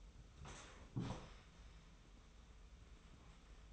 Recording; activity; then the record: daily activity, microphone in the room; sit down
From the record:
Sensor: 1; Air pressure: 994.4 hPa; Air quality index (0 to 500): 222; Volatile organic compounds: 1000 ppm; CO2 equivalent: 7946 ppm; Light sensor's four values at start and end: 84/186/83/86 and 85/189/84/87